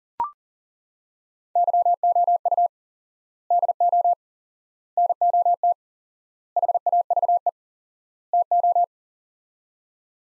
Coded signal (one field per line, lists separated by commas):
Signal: Morse code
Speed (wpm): 40 wpm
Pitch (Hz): 700 Hz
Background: none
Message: YOU DO NOT HAVE TO